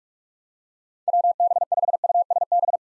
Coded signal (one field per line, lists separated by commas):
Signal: Morse code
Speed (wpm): 46 wpm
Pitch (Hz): 700 Hz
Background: none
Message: WB5USB